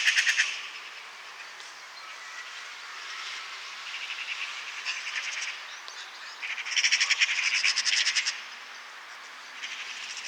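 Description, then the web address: Eurasian magpie chattering in loud, rapid rattles, a short burst at the start, then longer runs midway and near the end, with a few thin chirps between. "SETE data Pica pica"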